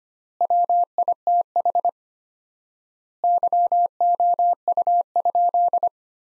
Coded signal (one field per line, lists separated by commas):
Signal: Morse code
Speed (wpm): 25 wpm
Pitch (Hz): 700 Hz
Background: none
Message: WITH YOU?